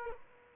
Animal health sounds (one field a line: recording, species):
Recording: mosquito wingbeat signal from an infrared sensor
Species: Aedes aegypti